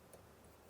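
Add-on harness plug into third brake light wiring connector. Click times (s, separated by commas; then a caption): 0.1 s. A plastic add-on wiring harness plug is pushed one-handed into the third brake light wiring connector of a Mazda CX-50. A short, sharp click is heard at 0.1 s over a low, steady background hum. The plug clicks in and is seated.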